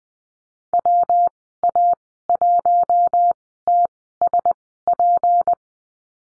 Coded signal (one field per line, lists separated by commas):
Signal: Morse code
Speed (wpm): 20 wpm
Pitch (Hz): 700 Hz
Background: none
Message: W A 1 T S P